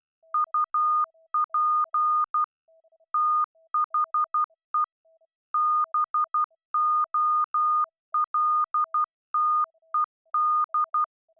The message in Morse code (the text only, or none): UP THE BOLTED